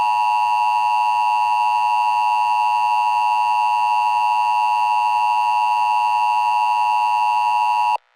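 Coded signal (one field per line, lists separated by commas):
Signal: Emergency Alert System (SAME) tones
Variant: 853 and 960 Hz attention tone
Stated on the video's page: Fictional EAS scenario about black ice in Massachusetts, made with CapCut, using possibly valid EAS tones.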